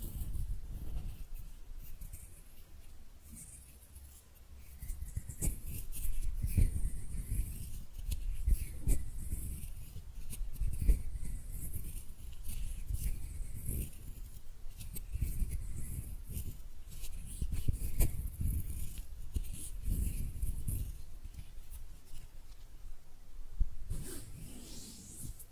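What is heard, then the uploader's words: Hand sounds: a steady stream of soft rubbing, brushing and tapping, with frequent low thumps and scratchy bursts every second or so. The activity is fairly dense throughout, quieter in the first few seconds, with a brief lull near 24 seconds. ASMR Relaxing Hand Sounds (No Talking).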